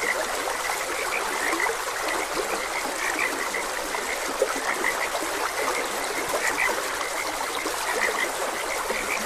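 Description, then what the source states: Frog chorus of short pulsed calls repeating throughout, over an even rush of trickling water. Frogs croaking beside a gentle stream.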